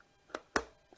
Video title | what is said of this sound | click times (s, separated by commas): Leaded Glass Clock for beginners! | There we go. Snapped right in. | 0.6 s